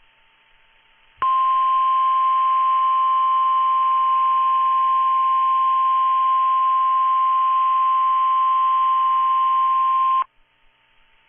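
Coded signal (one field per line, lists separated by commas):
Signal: Emergency Alert System (SAME) tones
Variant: 1050 Hz attention tone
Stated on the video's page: NOAA weather radio required weekly test alerts.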